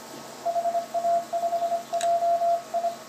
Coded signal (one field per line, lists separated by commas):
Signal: Morse code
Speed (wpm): 24 wpm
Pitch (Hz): 720 Hz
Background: radio noise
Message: HA5JI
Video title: finsh cut down cw #py1ax #cw #test